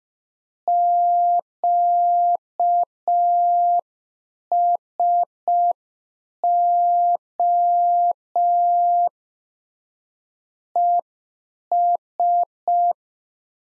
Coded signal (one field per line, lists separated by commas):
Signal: Morse code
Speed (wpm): 5 wpm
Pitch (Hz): 700 Hz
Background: none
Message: QSO ES